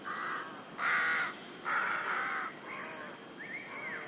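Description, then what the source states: Rooks cawing harshly, three strong grating calls in the first two and a half seconds, then softer caws and a thin high whistle. Rookery in the UK.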